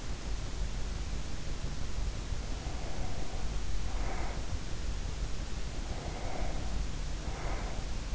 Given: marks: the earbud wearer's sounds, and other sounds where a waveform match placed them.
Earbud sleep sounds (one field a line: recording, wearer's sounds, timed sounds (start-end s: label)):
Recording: sounds in sleep by an in-ear microphone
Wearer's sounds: breath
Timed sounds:
2.23-4.82 s: breath
5.56-8.15 s: breath